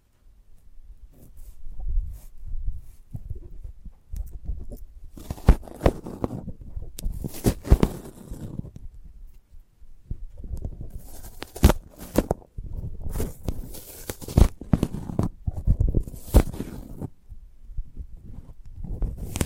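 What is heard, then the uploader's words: Sounds from handling a sprouted coconut: irregular scratches, taps and crackles come in uneven bursts with short quiet gaps. The louder, brighter moments cluster from about 5 to 8 seconds and again from 11 to 17 seconds, over a soft low rumble. ASMR of a Sprouted Coconut (No Talking).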